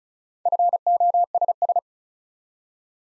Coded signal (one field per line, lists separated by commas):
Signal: Morse code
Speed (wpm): 36 wpm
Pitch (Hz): 700 Hz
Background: none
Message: FOSS